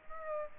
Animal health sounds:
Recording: mosquito wingbeat signal from an infrared sensor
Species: Aedes aegypti

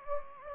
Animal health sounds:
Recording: mosquito wingbeat signal from an infrared sensor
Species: Anopheles gambiae

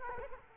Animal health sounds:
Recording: mosquito wingbeat signal from an infrared sensor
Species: Culex quinquefasciatus

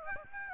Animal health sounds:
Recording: mosquito wingbeat signal from an infrared sensor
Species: Aedes aegypti

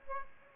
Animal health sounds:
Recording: mosquito wingbeat signal from an infrared sensor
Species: Aedes aegypti

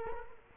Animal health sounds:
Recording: mosquito wingbeat signal from an infrared sensor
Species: Culex quinquefasciatus

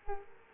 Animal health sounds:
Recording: mosquito wingbeat signal from an infrared sensor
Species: Culex quinquefasciatus

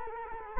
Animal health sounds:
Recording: mosquito wingbeat signal from an infrared sensor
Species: Culex quinquefasciatus

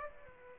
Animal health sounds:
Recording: mosquito wingbeat signal from an infrared sensor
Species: Aedes aegypti

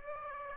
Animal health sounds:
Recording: mosquito wingbeat signal from an infrared sensor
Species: Aedes aegypti

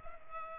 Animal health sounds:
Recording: mosquito wingbeat signal from an infrared sensor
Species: Culex pipiens

